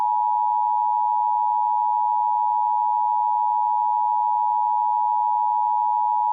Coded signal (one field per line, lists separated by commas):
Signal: Emergency Alert System (SAME) tones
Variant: 853 and 960 Hz attention tone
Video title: EAS Mock - Toddler in Control